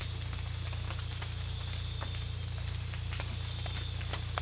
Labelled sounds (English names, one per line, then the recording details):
none
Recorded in secondary vegetation near Puerto Asís, Putumayo, Colombia, on 18 December 2024 at 01:30
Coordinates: 0.484, -76.319
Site GP06